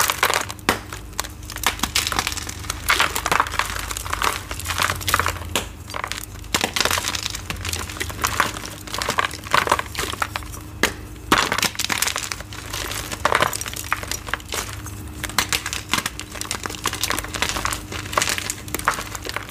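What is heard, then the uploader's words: Dyed gym chalk blocks are crushed in a dense, continuous run of crunching and crinkling, with sharp bright crackles packed closely together for the whole twenty seconds. Louder crunches stand out every second or so, over a steady low hum underneath. EVERY Citric Acid Dyed Gym Chalk Crush I've Done So Far! Satisfying crunchy sounds of gym chalk blocks being crushed by attractive hands.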